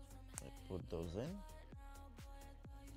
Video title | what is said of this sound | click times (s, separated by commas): LEGO PEUGEOT 9X8 LeMans24h Hypercar [42156] | Actually satisfying click to it. | 0.4 s